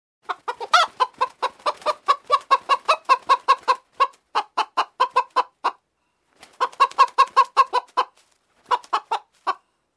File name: Chicken clucking